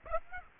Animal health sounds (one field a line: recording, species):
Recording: mosquito wingbeat signal from an infrared sensor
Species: Aedes aegypti